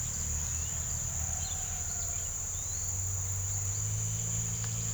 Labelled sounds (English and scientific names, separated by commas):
none